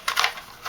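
A small plastic brush-holder insert on the stand of a Sigma cleansing and polishing tool is pulled and pops out of its base with a sharp plastic snap at 0.1 s, and the insert comes free. A quick rattle of light plastic clicks follows around 0.2 s, then one more small click near 0.7 s.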